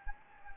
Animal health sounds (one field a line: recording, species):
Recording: mosquito wingbeat signal from an infrared sensor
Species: Anopheles gambiae